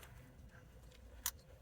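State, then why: Seated. A plastic electrical connector is pressed onto the starter motor of a 2006-2015 Audi Q7 and seats with one sharp, bright click at 1.3 s, well above the low background hum. It is pushed until the click is heard, and then a red tab is pressed in as a secondary safety lock.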